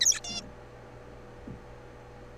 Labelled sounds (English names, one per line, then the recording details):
Zebra Finch
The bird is a juvenile
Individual R3428